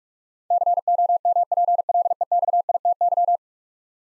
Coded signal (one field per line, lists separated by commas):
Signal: Morse code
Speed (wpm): 46 wpm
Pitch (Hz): 700 Hz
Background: none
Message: COMPLEXITY